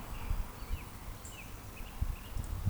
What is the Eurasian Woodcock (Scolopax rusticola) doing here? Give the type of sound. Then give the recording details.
whistle. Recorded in Baden-Württemberg, Germany, on 13 June 2020 at 19:55 UTC. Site 14569, 102 m above sea level